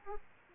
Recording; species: mosquito wingbeat signal from an infrared sensor; Aedes aegypti